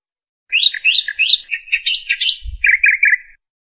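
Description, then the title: Bird song of quick, bright chirping phrases, trilled notes running in a rapid series for about three seconds, with a brief low thump partway through. "burung"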